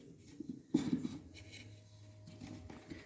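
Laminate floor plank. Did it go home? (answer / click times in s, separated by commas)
no / none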